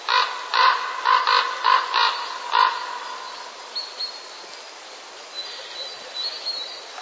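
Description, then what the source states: Common raven giving a quick series of about seven rough, croaking caws in the first three seconds, then quieter notes against a faint background hiss. Raven courtship calls recorded during the mating season.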